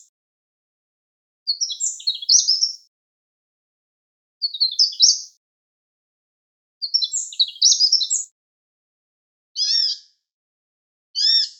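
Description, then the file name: Mayotte sunbird singing short, jumbled, twittering high phrases every two to three seconds, ending with two separate ringing, rounded notes. "souimanga de mayotte"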